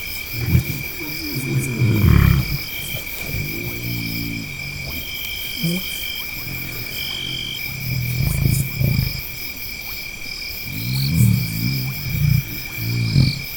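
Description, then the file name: Lion grunting: deep harmonic grunts in several separate bursts throughout, over a steady background chorus of high-pitched insects. "Lion Vocalizing"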